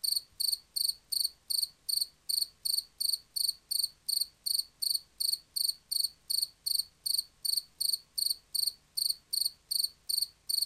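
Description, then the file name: Field cricket song, loud regular chirps repeated nearly three times a second without a break, over a quiet background. "markfårekylling"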